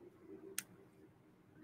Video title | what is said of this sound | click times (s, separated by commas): LIVE HANGOUT AND CHAT SELLING EVENT ONE OFF WEDNESDAY ! | clicks right in froggy | 0.6 s